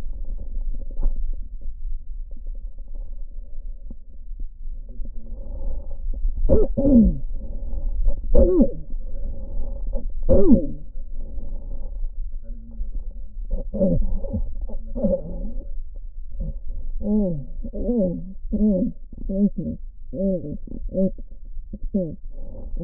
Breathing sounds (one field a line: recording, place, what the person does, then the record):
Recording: lung sounds by stethoscope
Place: right posterior basal chest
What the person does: quiet breathing, then cough and speech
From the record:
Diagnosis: interstitial lung disease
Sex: female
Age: 72 years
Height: 153 cm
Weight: 71 kg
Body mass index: 30.3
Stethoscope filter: diaphragm mode